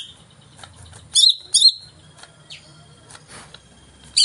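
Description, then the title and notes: Greater green leafbird song, sparse here: two loud descending whistled slurs, then quieter scattered notes and a final sharp phrase over a faint low hum. Song of a singing-active (gacor) bird played as a lure (pancingan) to prompt a caged cucak ijo to sing when hung up. "Pancingan CUCAK IJO Mau Di Gantang. Cucak Ijo Gacor"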